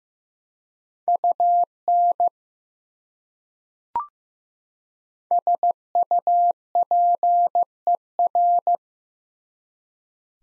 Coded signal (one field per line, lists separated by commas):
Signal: Morse code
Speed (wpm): 15 wpm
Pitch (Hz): 700 Hz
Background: none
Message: UN SUPER